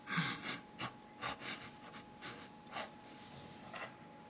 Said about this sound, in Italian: Immaginiamo che con la nostra respirazione ricalchiamo questa forma. Avremo una respirazione che fa...